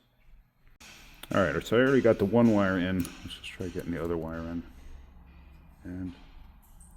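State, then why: Not seated. A second wire terminal is being handled at a connector housing after one wire is already in. Someone talks over a few faint handling sounds. Nothing has seated or clicked yet.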